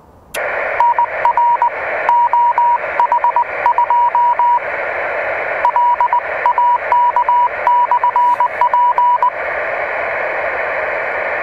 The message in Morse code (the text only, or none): NR OH2LAK/P